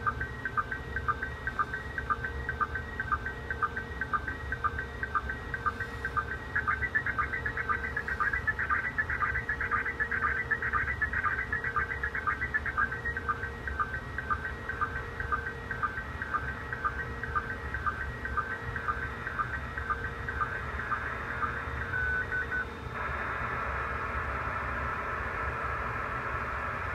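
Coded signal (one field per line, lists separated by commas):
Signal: SSTV (slow-scan television)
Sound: warbling scratchy tones with a steady rhythmic tick twice a second, then hiss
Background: radio static, low rumble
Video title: ISS SSTV download 08/03 1900 UTC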